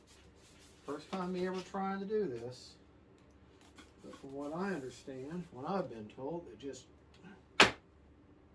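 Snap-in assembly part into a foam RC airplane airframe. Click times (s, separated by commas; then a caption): 7.6 s. Someone talks while a quick-fit part is pushed onto the airframe of an E-Flite FW 190A foam RC airplane during assembly. A single sharp click at 7.6 s marks the part snapping in and seating.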